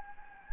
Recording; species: mosquito wingbeat signal from an infrared sensor; Anopheles gambiae